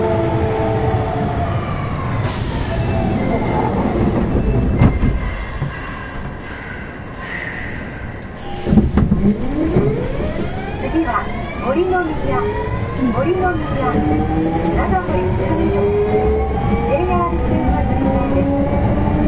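A Kintetsu 7000 series train runs steadily with a dense, low rumble throughout. Around the middle a sharp clunk is followed by rising and falling whine tones as the motors change pitch, and a brief hiss cuts in near two seconds.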